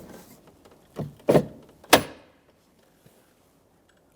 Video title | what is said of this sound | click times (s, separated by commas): How to Replace Front Interior Door Handle Latch Cables 2013-2020 Ford Fusion | I heard an audible click from each side | 1.3 s, 1.9 s